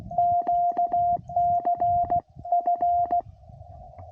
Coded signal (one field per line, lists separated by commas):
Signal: Morse code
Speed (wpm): 16 wpm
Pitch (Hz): 700 Hz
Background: none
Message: QCF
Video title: CW Pota Activation US-11199